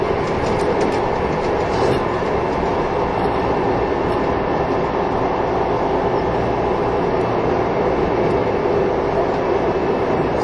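A train runs steadily, a dense unbroken rumble and rush with rattling underneath and occasional faint high squeals early on.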